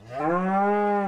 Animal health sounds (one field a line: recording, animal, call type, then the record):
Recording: contact call of a hoofed animal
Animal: cattle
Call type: low-frequency (closed-mouth) or high-frequency (open-mouth) call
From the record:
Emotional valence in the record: negative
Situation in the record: full separation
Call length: 1.07 s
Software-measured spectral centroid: 1060 Hz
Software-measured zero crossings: 1230 a second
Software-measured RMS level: -24 dBFS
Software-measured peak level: -13 dBFS